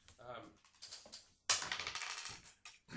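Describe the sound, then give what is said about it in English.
Six-sided dice clatter across a hard surface in a burst of quick, bright clicks and rattles, settling after a few seconds, with a faint voice at the start. “Alright, so I'm gonna roll the first one.”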